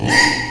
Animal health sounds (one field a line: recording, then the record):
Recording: squeal of a Yucatan mini pig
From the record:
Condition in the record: before surgery on the right vocal fold (resection and tissue-engineered implant)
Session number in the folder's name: 2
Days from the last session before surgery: 0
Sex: male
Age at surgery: 12 weeks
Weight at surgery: 13 kg